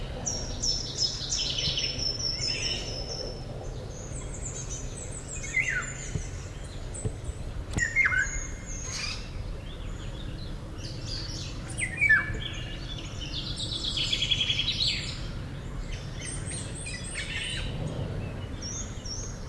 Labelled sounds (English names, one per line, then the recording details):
Eurasian Golden Oriole
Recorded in the wild
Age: adult
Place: Schielleitn
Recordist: Brunner, Thomas